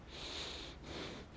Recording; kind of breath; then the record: one breath in and out by a microphone near the nose and mouth; deep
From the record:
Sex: male